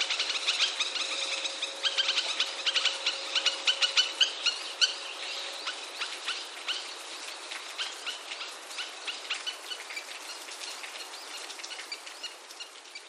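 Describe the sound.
Crested kingfisher calls: a long run of harsh, rattling notes repeated quickly and unevenly, fading slightly toward the end.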